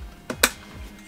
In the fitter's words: and then just push it in until you hear that satisfying little click and